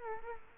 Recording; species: mosquito wingbeat signal from an infrared sensor; Culex quinquefasciatus